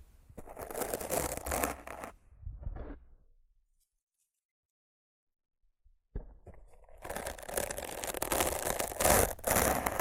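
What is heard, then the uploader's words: Rough scratching and brushing across a microphone, dense and bright with gritty, tearing scrapes. The rubbing fades out by about three seconds, leaving a stretch of near silence, then starts again around six seconds and builds into a harsh, steady scrape through the end. ASMR Rough Mic Scratching & Brushing (No Talking).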